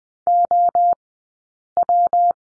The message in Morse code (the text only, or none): OW